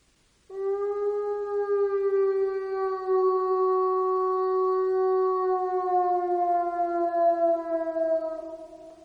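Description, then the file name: Wolf giving a long unbroken howl, steady in pitch with strong overtones, easing gently lower over its final seconds before stopping. Solitary wolf howling at Cooper Creek, recorded 13 March 2016 at about 01:48 at night. "Cooper Creek 20160313 014852 Solitary Wolf Howl Very Clear"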